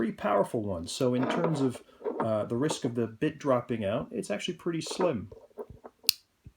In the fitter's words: You can hear that click there.